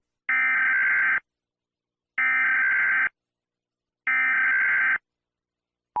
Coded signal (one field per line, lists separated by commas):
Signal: Emergency Alert System (SAME) tones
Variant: header bursts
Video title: EAS SCENARIO 1: Terrorist Attacks on New Year’s Eve.